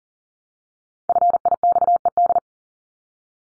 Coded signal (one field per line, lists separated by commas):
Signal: Morse code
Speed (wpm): 40 wpm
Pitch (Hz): 700 Hz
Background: none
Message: FIXED